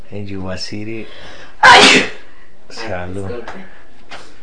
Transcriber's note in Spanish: estornudo